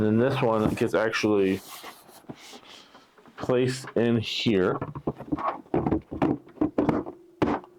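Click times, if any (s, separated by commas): 7.4 s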